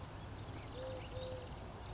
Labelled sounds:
Eurasian Collared Dove (Streptopelia decaocto)
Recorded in Sonoma County, California

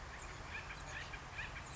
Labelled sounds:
Acorn Woodpecker (Melanerpes formicivorus)
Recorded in Sonoma County, California

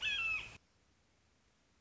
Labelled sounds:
Red-shouldered Hawk (Buteo lineatus)
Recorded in Sonoma County, California

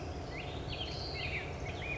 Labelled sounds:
Black-headed Grosbeak (Pheucticus melanocephalus)
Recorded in Sonoma County, California

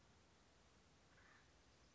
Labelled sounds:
Acorn Woodpecker (Melanerpes formicivorus)
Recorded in Sonoma County, California

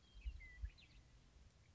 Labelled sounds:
Western Meadowlark (Sturnella neglecta)
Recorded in Sonoma County, California

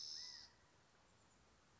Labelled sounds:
California Quail (Callipepla californica)
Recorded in Sonoma County, California

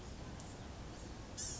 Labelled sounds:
Blue-gray Gnatcatcher (Polioptila caerulea)
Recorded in Sonoma County, California

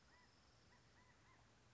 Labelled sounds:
California Quail (Callipepla californica)
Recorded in Sonoma County, California

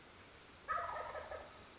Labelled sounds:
Wild Turkey (Meleagris gallopavo)
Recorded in Sonoma County, California

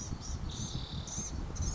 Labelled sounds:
Blue-gray Gnatcatcher (Polioptila caerulea)
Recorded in Sonoma County, California

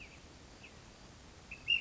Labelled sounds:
Ash-throated Flycatcher (Myiarchus cinerascens)
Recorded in Sonoma County, California

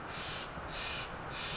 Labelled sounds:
Steller's Jay (Cyanocitta stelleri)
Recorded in Sonoma County, California

